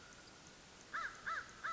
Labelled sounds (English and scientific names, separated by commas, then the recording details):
American Crow (Corvus brachyrhynchos)
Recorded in Sonoma County, California